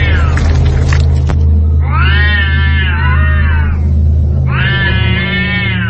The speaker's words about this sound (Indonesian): menghardik seekor kucing yang baru saja tarung dengan kucing lainnya hanya karena rebutan ikan yang mungkin mereka gondol dari tetangga.